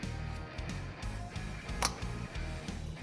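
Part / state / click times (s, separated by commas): spark plug wire boot onto spark plug of small engine / seated / 1.9 s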